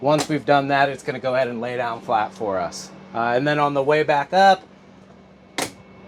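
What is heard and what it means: Someone talks while a jackknife sofa-bed seat in a 2021 Eagle Cap 1200 RV is lifted from flat back toward upright. The folding sofa-bed frame mechanism gives a sharp click at 5.6 s, releasing it to flip back into sofa position.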